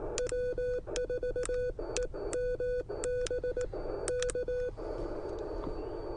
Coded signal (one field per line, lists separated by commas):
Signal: Morse code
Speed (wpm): 19 wpm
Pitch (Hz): 500 Hz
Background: none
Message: W4EMB K